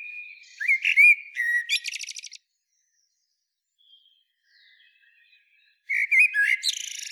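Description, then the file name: Eurasian blackbird song: a warbled, flutey phrase ending in a rapid high twitter, a long pause with faint sounds, then another mellow phrase starting. "Turdus merula"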